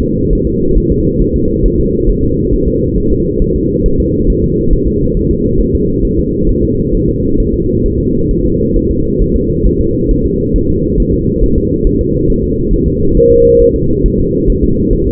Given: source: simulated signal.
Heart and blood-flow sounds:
fetal heart sounds
0.02 s: S2
0.33 s: S1
0.47 s: S2
0.78 s: S1
0.92 s: S2
1.22 s: S1
1.36 s: S2
1.66 s: S1
1.80 s: S2
2.09 s: S1
2.24 s: S2
2.53 s: S1
2.68 s: S2
2.98 s: S1
3.12 s: S2
3.42 s: S1
3.56 s: S2
3.86 s: S1
4.00 s: S2
4.30 s: S1
4.44 s: S2
4.73 s: S1
4.88 s: S2
5.17 s: S1
5.31 s: S2
5.61 s: S1
5.75 s: S2
6.05 s: S1
6.19 s: S2
6.49 s: S1
6.63 s: S2
6.95 s: S1
7.09 s: S2
7.40 s: S1
7.54 s: S2
7.86 s: S1
8.00 s: S2
8.31 s: S1
8.45 s: S2
8.77 s: S1
8.91 s: S2
9.22 s: S1
9.36 s: S2
9.67 s: S1
9.81 s: S2
10.11 s: S1
10.25 s: S2
10.56 s: S1
10.70 s: S2
11.00 s: S1
11.14 s: S2
11.44 s: S1
11.58 s: S2
11.87 s: S1
12.01 s: S2
12.30 s: S1
12.44 s: S2
12.73 s: S1
12.88 s: S2
13.17 s: S1
13.31 s: S2
13.62 s: S1
13.76 s: S2
14.06 s: S1
14.20 s: S2
14.50 s: S1
14.64 s: S2
14.93 s: S1
15.07 s: S2
From the record:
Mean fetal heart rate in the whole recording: 135 bpm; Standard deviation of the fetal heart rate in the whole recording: 3 bpm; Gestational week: 36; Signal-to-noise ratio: -15.3 dB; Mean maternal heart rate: 72 bpm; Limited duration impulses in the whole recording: present

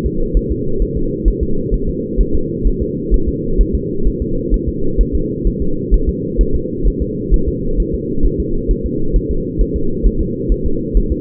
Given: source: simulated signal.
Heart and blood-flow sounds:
fetal heart sounds
0.06 s: S2
0.37 s: S1
0.52 s: S2
0.82 s: S1
0.97 s: S2
1.28 s: S1
1.43 s: S2
1.74 s: S1
1.89 s: S2
2.21 s: S1
2.35 s: S2
2.67 s: S1
2.82 s: S2
3.14 s: S1
3.29 s: S2
3.61 s: S1
3.75 s: S2
4.07 s: S1
4.22 s: S2
4.54 s: S1
4.69 s: S2
5.01 s: S1
5.15 s: S2
5.47 s: S1
5.62 s: S2
5.94 s: S1
6.09 s: S2
6.41 s: S1
6.55 s: S2
6.87 s: S1
7.02 s: S2
7.34 s: S1
7.48 s: S2
7.80 s: S1
7.95 s: S2
8.26 s: S1
8.40 s: S2
8.71 s: S1
8.86 s: S2
9.16 s: S1
9.31 s: S2
9.61 s: S1
9.76 s: S2
10.06 s: S1
10.21 s: S2
10.52 s: S1
10.66 s: S2
10.97 s: S1
11.12 s: S2
From the record:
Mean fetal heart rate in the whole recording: 130 bpm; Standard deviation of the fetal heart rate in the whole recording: 2 bpm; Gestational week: 36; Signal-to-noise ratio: -8.1 dB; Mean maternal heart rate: 72 bpm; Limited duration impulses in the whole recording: absent

